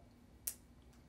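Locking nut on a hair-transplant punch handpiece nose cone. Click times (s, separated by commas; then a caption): 0.5 s. The locking nut on the nose cone of a Cole Dissection Device (CDD-Vortex v6) FUE hair-transplant punch handpiece is rotated until it clicks into its release position at 0.5 s, so the depth control can be unscrewed and the punch removed. The sharp, bright click stands out against a quiet background, and a much fainter tick follows near 0.9 s. The nut is released.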